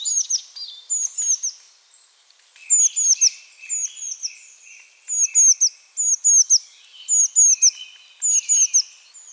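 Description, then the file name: Eurasian blue tit giving very high, thin downslurred notes in rapid groups of three, repeated many times, over a faint lower buzzy chatter. "Cyanistes caeruleus"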